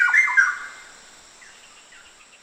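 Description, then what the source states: Straw-headed bulbul song: a brief burst of loud, liquid, bubbling notes in the first half-second, then softer faint notes trailing off over a steady high hiss. Recorded at Danum on 1 August 2009.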